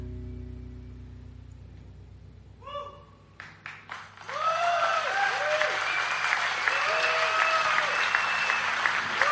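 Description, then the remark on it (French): After a low hum and a brief tone, a few scattered claps quickly swell into loud, sustained audience applause for Françoise Lebrun, with shrill whistles and cheers rising over the clapping. “Françoise Lebrun, applaudissez-la.”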